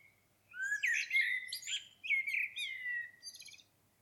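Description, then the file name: Common blackbird singing a rich, continuous warble of whistled notes sliding up and down, ending in a short high rattling twitter. "Turdus merula"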